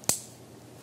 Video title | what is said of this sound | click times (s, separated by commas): Testing Tesla Model 3 2170 Cells - Battery Nerd Porn with Full Frontal Nudity | on your V to make sure it clicks as well all | 0.1 s